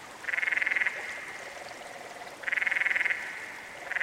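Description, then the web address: Canyon frog trilling: three harsh, evenly pulsed bursts, the last cut short, with fainter lower pulsing in the gaps. "Dan Gibson's Solitudes Frog Song. Canyon Frog"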